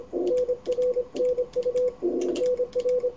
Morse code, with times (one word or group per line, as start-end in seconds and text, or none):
0.3-1.9 NRNU
2.4-3.1 NR